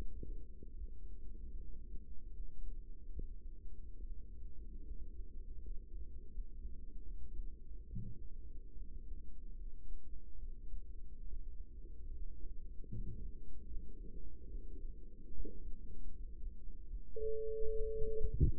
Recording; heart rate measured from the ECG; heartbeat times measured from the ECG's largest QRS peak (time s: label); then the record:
heart sounds by microphone in the right ear; 74 bpm
0.75 s: heartbeat
1.58 s: heartbeat
2.32 s: heartbeat
3.11 s: heartbeat
3.96 s: heartbeat
4.83 s: heartbeat
5.60 s: heartbeat
6.30 s: heartbeat
7.02 s: heartbeat
7.86 s: heartbeat
8.74 s: heartbeat
9.54 s: heartbeat
10.36 s: heartbeat
11.25 s: heartbeat
12.13 s: heartbeat
12.90 s: heartbeat
13.65 s: heartbeat
14.46 s: heartbeat
15.31 s: heartbeat
16.11 s: heartbeat
16.87 s: heartbeat
17.71 s: heartbeat
18.57 s: heartbeat
From the record:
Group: healthy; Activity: rest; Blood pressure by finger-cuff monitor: 120/57 mmHg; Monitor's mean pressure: 78 mmHg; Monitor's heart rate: 76 bpm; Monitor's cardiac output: 8.2 L/min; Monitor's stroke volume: 108 mL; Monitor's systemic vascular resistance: 680 dyn s/cm5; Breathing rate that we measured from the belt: 17 breaths a minute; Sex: female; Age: 24 years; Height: 163 cm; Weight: 55.7 kg